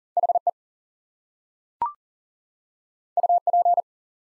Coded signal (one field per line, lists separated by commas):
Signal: Morse code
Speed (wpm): 39 wpm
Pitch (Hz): 700 Hz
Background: none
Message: HE UP